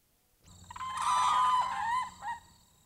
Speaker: The call of the whooping crane.